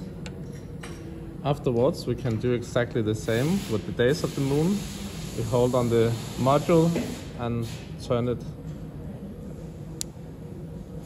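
Someone talks while holding the watch case, gripping the moon-phase watch movement module and twisting it to the left. A sharp little click at 10.0 s marks the module releasing free of the case.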